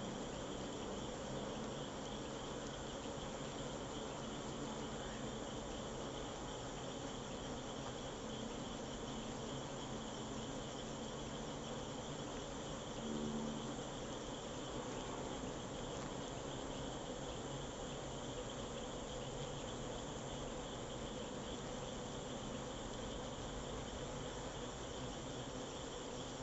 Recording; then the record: honeybee defence experiment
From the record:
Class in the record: control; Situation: empty test tube, no live specimens